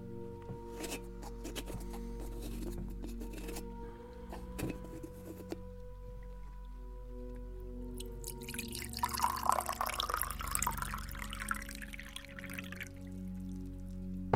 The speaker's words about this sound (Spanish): Voy a servirte un vasito de agua para que le puedas dar tragos cuando lo necesites.